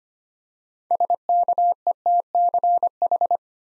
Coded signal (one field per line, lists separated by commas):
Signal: Morse code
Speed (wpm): 25 wpm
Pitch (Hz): 700 Hz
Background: none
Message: SKETCH